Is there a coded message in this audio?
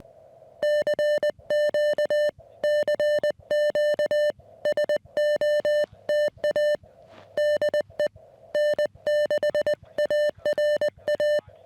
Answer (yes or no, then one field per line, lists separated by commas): yes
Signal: Morse code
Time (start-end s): 0.6-11.4 s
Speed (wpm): 20 wpm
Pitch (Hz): 600 Hz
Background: music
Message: CQ CQ SOTA DE N6ARA